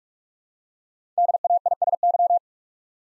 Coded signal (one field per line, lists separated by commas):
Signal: Morse code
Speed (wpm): 44 wpm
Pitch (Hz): 700 Hz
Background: none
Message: DAISY